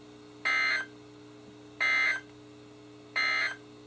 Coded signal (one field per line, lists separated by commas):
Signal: Emergency Alert System (SAME) tones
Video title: EAS #68-#75: A Few More | KHB36